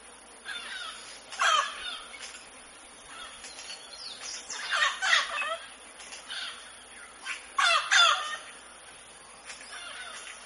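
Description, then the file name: Mealy amazon producing a jumble of harsh, scratchy squawks and chattering notes at irregular intervals, with quieter calling between louder outbursts. "canto do do papagaio moleiro"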